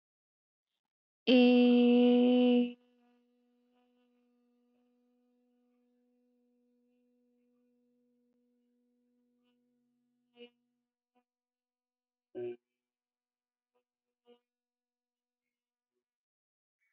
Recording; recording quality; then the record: sustained vowel as in made; excellent, no background noise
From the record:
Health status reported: healthy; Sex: female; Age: 23 years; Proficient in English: yes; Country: India